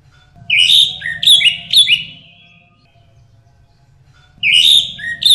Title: Burung Anis Merah